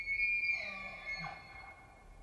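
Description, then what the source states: Roosevelt elk bugle ending: a high whistled tone with a brief downward slide, then the high tone lingers faintly over a soft rushing background. Roosevelt elk (Rainforest or Olympic elk) bull bugle, multi-toned call rising to a scream, used in rut for dominance and attracting mates; Queets and Quinault rainforest valleys, late September 2023.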